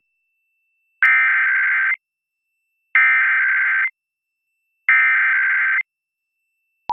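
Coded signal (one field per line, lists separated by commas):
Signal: Emergency Alert System (SAME) tones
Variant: header bursts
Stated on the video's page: Severe thunderstorm warnings and Pennsylvania Required Monthly Test catches; the last alert has a rendering glitch producing a bad noise.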